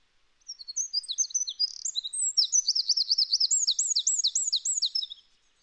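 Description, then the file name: Eurasian wren singing a fast, high-pitched torrent of notes, shifting into a run of repeated looping trill phrases before stopping abruptly. "Troglodytes troglodytes"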